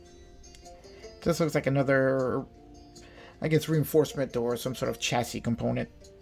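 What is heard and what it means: A plastic chassis reinforcement piece is handled next to a scale model Fiero car chassis while someone talks over background music, with a faint tick near 0.6 s. Nothing has seated or clicked yet; the part has not gone into place by the end.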